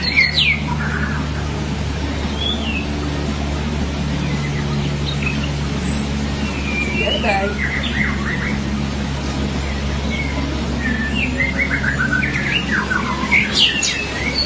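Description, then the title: Magpie-robin or shama song: varied whistled and chirping phrases, some rising and falling, sung in bursts throughout over a steady low hum. "BM Suara Burung Murai"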